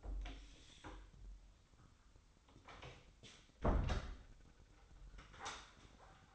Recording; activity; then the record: daily activity, microphone in the room; close door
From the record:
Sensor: 3